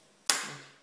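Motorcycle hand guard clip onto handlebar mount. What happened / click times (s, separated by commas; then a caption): The hand guard clip snapped into place / 0.3 s. A motorcycle hand guard is spread open by hand and pushed onto its handlebar mount while being reassembled. A single sharp click at 0.3 s is heard as the hand guard clip snaps in, and it is seated.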